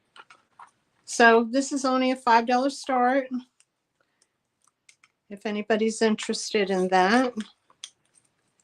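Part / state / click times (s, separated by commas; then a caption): removable piece going back into a painted decorative item / not seated / none. Someone talks while handling a removable piece of a painted decorative item, working it back toward its place, with faint light taps and knocks between and after the speech and one sharper tap near 7.8 s. The piece is not home yet; nothing has seated or clicked.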